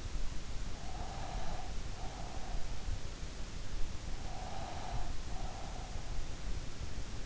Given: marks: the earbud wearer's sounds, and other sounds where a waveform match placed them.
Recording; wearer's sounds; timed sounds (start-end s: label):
sounds in sleep by an in-ear microphone; breath
0.93-2.74 s: breath
4.41-6.12 s: breath